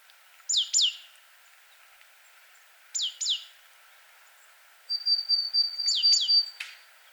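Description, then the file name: Great tit calls: three pairs of sharp, high, down-slurred notes, with a thin steady whistle running beneath the last pair. "Parus major"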